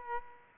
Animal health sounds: mosquito wingbeat signal from an infrared sensor; Aedes aegypti

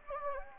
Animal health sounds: mosquito wingbeat signal from an infrared sensor; Anopheles gambiae

